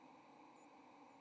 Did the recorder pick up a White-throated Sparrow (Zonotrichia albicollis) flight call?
no